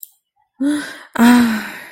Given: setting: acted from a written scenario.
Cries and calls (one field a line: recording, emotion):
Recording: vocal sound without words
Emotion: relief